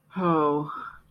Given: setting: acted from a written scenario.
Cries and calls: vocal sound without words; shame

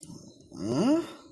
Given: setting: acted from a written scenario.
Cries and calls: vocal sound without words; confusion

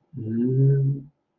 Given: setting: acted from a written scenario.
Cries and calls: vocal sound without words; desire

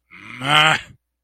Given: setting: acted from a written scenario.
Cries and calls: vocal sound without words; anger

